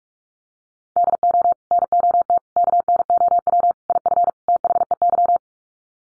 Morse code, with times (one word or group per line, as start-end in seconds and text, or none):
1.0-1.5 DO
1.7-2.4 NOT
2.6-3.7 KNOW
3.9-4.3 IF
4.5-5.4 THEY